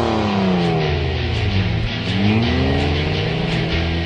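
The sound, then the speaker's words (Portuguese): A car engine roars loudly and steadily, its pitch sweeping down then climbing again as it revs and accelerates, with rich harmonic growl throughout and no voices. “A velocidade que vicia, o ronco do motor e a sensação de que você está em seu trem particular.”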